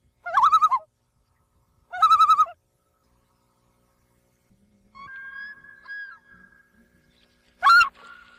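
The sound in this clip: Loon uttering two short wavering cries, a softer drawn-out tone in the middle, then a final sharp cry.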